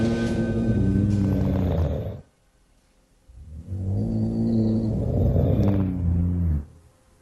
That is snoring. It sounds like a pack of wolves or bears.